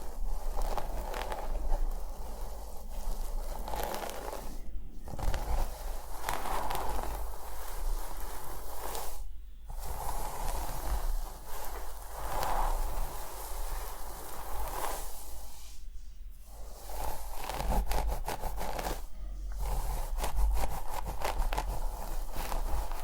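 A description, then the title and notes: Steady scratching and brushing through hair, dense and bright, with brief silent pauses near 5, 9, 16 and 19 seconds. ASMR Relaxing Scalp Massage + Hair Care Treatment head massage, scalp scratching + hair brushing.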